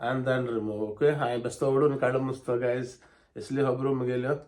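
A small part of an unboxed gift gadget is handled as it is about to be pressed into its housing, while someone talks throughout. Nothing has seated or clicked yet.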